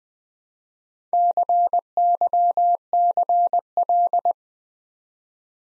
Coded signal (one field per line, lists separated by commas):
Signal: Morse code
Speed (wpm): 20 wpm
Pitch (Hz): 700 Hz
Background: none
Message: CYCL